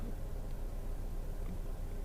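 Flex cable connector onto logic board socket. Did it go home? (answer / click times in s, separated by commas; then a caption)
no / none. A flex cable connector is pressed down onto a logic board socket; it feels bouncy and fails to clip down, apparently because of cable tension. Only a steady low rumble and broadband hiss are heard, with no sharp transients, and nothing has seated or clicked yet.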